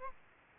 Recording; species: mosquito wingbeat signal from an infrared sensor; Aedes aegypti